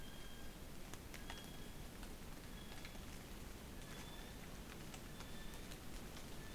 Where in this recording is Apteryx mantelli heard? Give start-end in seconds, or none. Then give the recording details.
0.00-6.54. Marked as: faintness 3/5. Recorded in New Zealand on 20 November 2013. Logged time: 22:29. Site CH69